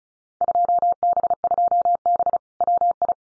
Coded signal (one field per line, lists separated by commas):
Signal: Morse code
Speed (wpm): 34 wpm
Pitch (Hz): 700 Hz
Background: none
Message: 2B2B WI